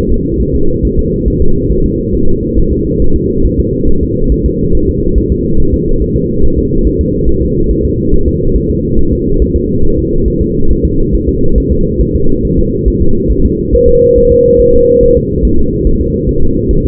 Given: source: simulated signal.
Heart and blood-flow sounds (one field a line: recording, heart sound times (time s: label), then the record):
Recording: fetal heart sounds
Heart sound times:
0.12 s: S2
0.41 s: S1
0.55 s: S2
0.85 s: S1
0.99 s: S2
1.28 s: S1
1.42 s: S2
1.72 s: S1
1.86 s: S2
2.15 s: S1
2.29 s: S2
2.58 s: S1
2.73 s: S2
3.02 s: S1
3.16 s: S2
3.45 s: S1
3.60 s: S2
3.89 s: S1
4.03 s: S2
4.32 s: S1
4.46 s: S2
4.75 s: S1
4.89 s: S2
5.18 s: S1
5.32 s: S2
5.60 s: S1
5.74 s: S2
6.02 s: S1
6.16 s: S2
6.44 s: S1
6.58 s: S2
6.87 s: S1
7.01 s: S2
7.29 s: S1
7.43 s: S2
7.71 s: S1
7.85 s: S2
8.14 s: S1
8.28 s: S2
8.56 s: S1
8.70 s: S2
8.99 s: S1
9.13 s: S2
9.42 s: S1
9.56 s: S2
9.85 s: S1
9.99 s: S2
10.28 s: S1
10.42 s: S2
10.71 s: S1
10.85 s: S2
11.14 s: S1
11.29 s: S2
11.58 s: S1
11.72 s: S2
12.01 s: S1
12.15 s: S2
12.45 s: S1
12.59 s: S2
12.88 s: S1
13.02 s: S2
13.31 s: S1
13.45 s: S2
13.75 s: S1
13.89 s: S2
14.18 s: S1
14.32 s: S2
14.60 s: S1
14.74 s: S2
15.03 s: S1
15.17 s: S2
15.45 s: S1
15.59 s: S2
15.87 s: S1
16.01 s: S2
16.29 s: S1
16.43 s: S2
16.71 s: S1
16.85 s: S2
From the record:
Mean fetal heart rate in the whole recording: 140 bpm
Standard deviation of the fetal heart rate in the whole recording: 2 bpm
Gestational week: 34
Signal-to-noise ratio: -19.1 dB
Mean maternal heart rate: 72 bpm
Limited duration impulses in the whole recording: present